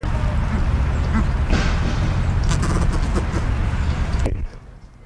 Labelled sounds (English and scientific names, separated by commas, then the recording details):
Elegant Crested Tinamou (Eudromia elegans) call
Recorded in captivity
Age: adult
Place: Zoo Osnabrück, Niedersachsen, DE
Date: 1991-09-09 11:33
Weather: overcast, 13°C
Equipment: Marantz CP 430, Kopie Tesla B 116
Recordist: Tembrock, Günter
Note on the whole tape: Schopdsteisshuhn. Lautfolgen